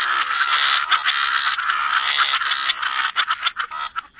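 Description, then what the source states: Frog chorus, thick and almost unbroken at first, then breaking into separate rapid croaks, over a constant high-pitched hiss. Frog chorus mixed with white noise, for sleep.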